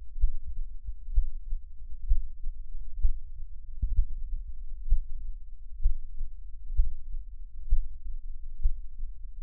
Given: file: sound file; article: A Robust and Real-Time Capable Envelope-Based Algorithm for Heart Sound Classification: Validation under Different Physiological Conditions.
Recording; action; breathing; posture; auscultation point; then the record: heart sounds by electronic stethoscope; rest; normal; lying on left side; Erb’s point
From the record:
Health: healthy, no known heart disease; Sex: male